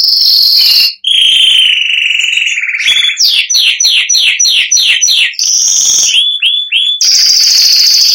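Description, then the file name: Canary singing continuously: high trill, lower rolling trill, a run of repeated descending swooping notes, then more bright trills. "canto do canario giboso espanhol"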